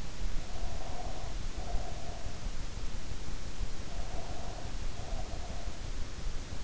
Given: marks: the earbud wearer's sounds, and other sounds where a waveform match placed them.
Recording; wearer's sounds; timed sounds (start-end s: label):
sounds in sleep by an in-ear microphone; breath
0.50-2.41 s: breath
3.92-5.81 s: breath